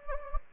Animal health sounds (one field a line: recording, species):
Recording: mosquito wingbeat signal from an infrared sensor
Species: Anopheles gambiae